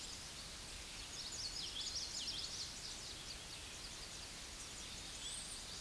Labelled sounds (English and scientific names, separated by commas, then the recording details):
Common Yellowthroat (Geothlypis trichas) song
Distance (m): 55 m
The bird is about 15 m above the microphone
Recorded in a Pennsylvania forest on 16 May 2024 at 08:20
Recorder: AudioMoth, point MSD-1307
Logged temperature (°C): 16.6 °C
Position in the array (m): 236 m, 173 m